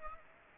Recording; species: mosquito wingbeat signal from an infrared sensor; Aedes aegypti